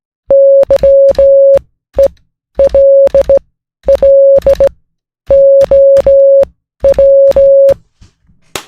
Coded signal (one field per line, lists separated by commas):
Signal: Morse code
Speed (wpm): 16 wpm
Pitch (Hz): 550 Hz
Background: music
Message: YELLOW